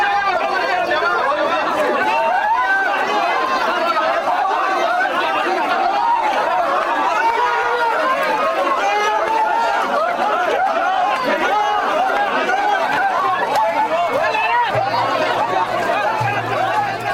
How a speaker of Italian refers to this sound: I suoni che arrivano da Kos sono quelli di tensione, sono quelli di rabbia, sono quelli di frustrazione, sono quelli anche di scontri tra migranti e polizia.